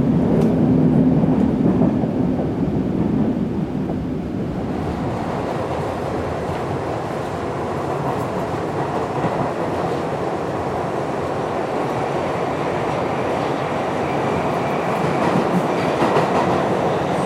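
A subway ride, the train's continuous loud rumble filling the whole clip. For the first four seconds the sound is deeper and heavier, with a low hum. After that it turns brighter and more rattling, with steady clatter and hiss running to the end.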